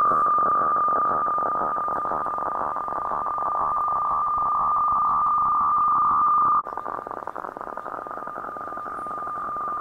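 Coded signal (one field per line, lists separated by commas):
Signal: weather fax (radiofax)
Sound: steady whining tone with rapid scratchy warbling flutter over it, slight level drop near end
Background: radio static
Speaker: i've just come along halfway through and it's gonna just complete the picture for me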